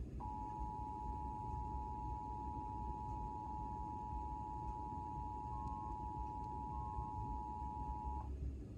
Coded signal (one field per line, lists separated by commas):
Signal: Emergency Alert System (SAME) tones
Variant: 853 and 960 Hz attention tone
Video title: EAS #1: Missouri Required Monthly Test - April 17th, 2024